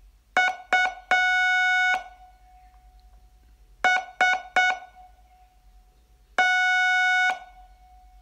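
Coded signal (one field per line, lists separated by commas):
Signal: Morse code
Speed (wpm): 7 wpm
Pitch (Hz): 1470 Hz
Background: music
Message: UST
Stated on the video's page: Morse code training lesson, day 14 of a 42-day course.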